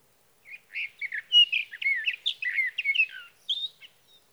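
Sage thrasher singing one continuous phrase of quick, jumbled warbles and twisting whistled notes for roughly three seconds, then a couple of short trailing notes.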